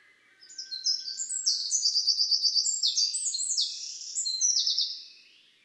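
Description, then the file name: Eurasian wren song, a bright, rapid outpouring of very high trills and twittering notes, with a thin whistled tone heard at the start. "Troglodytes troglodytes"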